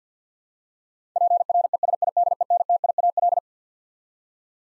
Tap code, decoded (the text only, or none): none